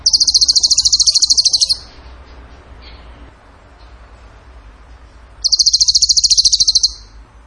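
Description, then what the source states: Bird gives two quick, high, rattling trills, each lasting over a second, with a long quiet gap between them. Training song (masteran) in the tembakan gacor style.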